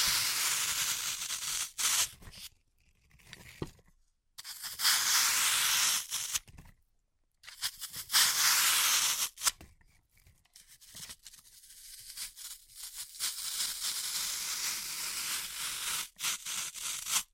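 Floral foam being cut and crushed in bursts of bright crunching and scraping, broken by brief silences near 3, 4, 7 and 11 seconds.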